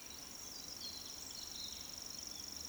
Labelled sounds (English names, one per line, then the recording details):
Eurasian Woodcock whistle
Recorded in Baden-Württemberg, Germany, on 20 June 2020 at 19:44 UTC
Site 46046, 702 m above sea level